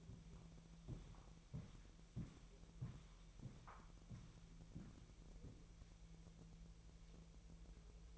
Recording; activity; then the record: daily activity, microphone in the room; walk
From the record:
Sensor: 1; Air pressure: 1002.0 hPa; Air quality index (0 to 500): 238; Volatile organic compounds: 95 ppm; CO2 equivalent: 3720 ppm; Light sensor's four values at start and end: 8/19/8/9 and 8/20/8/9